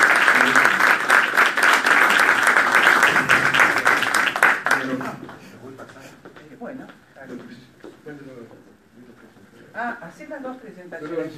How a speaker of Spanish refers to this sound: Con ustedes, la doctora Randolino. La recibimos con un aplauso.